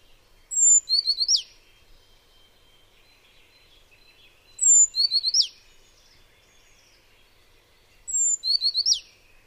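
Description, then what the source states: Azure Tit vocalization: a high thin note followed by a short rapid series of sharp notes, repeated three times about every four seconds. Recorded in a riparian forest along the Charyn river in southeastern Kazakhstan.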